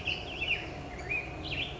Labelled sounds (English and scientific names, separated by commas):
Black-headed Grosbeak (Pheucticus melanocephalus)